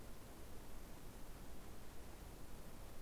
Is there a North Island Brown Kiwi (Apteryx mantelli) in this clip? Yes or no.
no